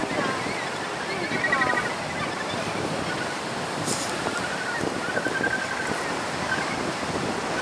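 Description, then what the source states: Australasian gannet harsh calls, louder near the start and again later, over a constant rushing background like wind or surf. Courtship behaviour.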